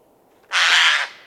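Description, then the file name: Eurasian jay producing one brief, raspy, noisy screech of about half a second. "Garrulus glandarius"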